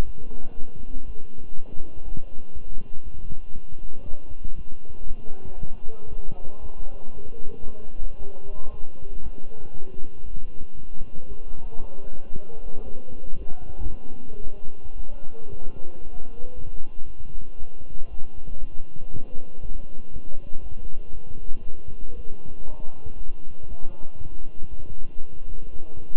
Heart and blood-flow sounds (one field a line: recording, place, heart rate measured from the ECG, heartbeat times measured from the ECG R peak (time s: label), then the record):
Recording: heart sounds by stethoscope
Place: between the tricuspid and mitral areas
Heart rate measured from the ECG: 117 bpm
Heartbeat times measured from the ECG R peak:
0.05 s: heartbeat
0.55 s: heartbeat
1.06 s: heartbeat
1.55 s: heartbeat
2.04 s: heartbeat
2.53 s: heartbeat
3.04 s: heartbeat
3.54 s: heartbeat
4.04 s: heartbeat
4.55 s: heartbeat
5.07 s: heartbeat
5.58 s: heartbeat
6.09 s: heartbeat
6.61 s: heartbeat
7.13 s: heartbeat
7.66 s: heartbeat
8.18 s: heartbeat
8.70 s: heartbeat
9.22 s: heartbeat
9.73 s: heartbeat
10.24 s: heartbeat
10.75 s: heartbeat
11.28 s: heartbeat
11.80 s: heartbeat
12.32 s: heartbeat
12.84 s: heartbeat
13.37 s: heartbeat
13.90 s: heartbeat
14.43 s: heartbeat
14.96 s: heartbeat
15.49 s: heartbeat
16.03 s: heartbeat
16.55 s: heartbeat
17.06 s: heartbeat
17.58 s: heartbeat
18.09 s: heartbeat
18.59 s: heartbeat
19.10 s: heartbeat
19.61 s: heartbeat
20.12 s: heartbeat
20.62 s: heartbeat
21.13 s: heartbeat
21.64 s: heartbeat
22.15 s: heartbeat
22.66 s: heartbeat
23.16 s: heartbeat
23.68 s: heartbeat
24.19 s: heartbeat
24.69 s: heartbeat
25.20 s: heartbeat
25.71 s: heartbeat
From the record:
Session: walking at 3.7 km/h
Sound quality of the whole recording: good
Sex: male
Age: 23 years